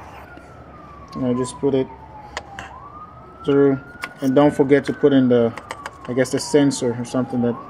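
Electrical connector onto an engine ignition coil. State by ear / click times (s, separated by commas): not seated / none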